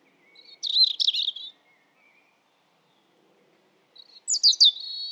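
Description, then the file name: European robin song: two short phrases of high, wavering, trilled notes separated by about two and a half seconds of quiet. "Erithacus rubecula"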